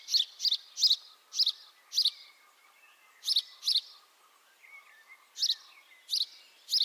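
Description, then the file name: House sparrow calling with clipped, rasping chirps, singly and in short bursts of two or three, separated by brief pauses. "Passer domesticus"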